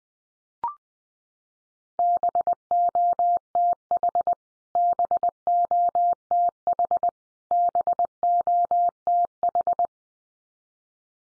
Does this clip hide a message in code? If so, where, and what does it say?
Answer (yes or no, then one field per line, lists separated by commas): yes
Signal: Morse code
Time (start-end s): 2.0-9.9 s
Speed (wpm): 20 wpm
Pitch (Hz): 700 Hz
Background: none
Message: BOTH BOTH BOTH